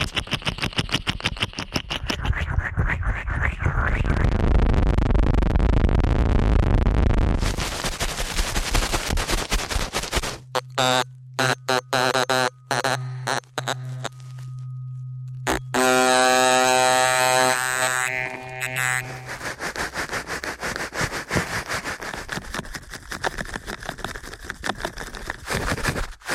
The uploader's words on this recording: ASMR Ear Cleaning at Helicopter Speed.